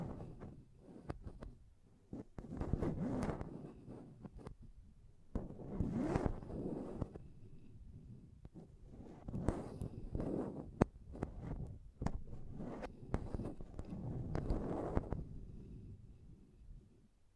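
Mic tapping and scratching in rough bursts, with dense rustling stretches around 2–4, 6–7, 9–11 and 13–15 seconds. Sharp taps snap out between them, the loudest near 11 seconds. Underneath runs a low, rumbling thump that comes and goes.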